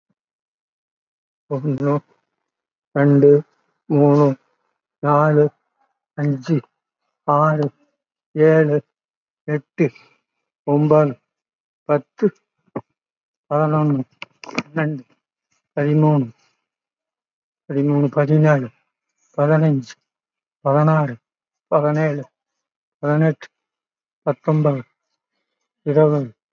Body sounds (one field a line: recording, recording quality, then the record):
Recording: counting at a normal pace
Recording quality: excellent, no background noise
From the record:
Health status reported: COVID-19 positive, mild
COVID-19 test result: positive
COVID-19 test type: RT-PCR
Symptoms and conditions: cough, cold, breathing difficulty, fever, fatigue, muscle pain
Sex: male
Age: 80 years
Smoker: no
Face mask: worn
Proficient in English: no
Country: India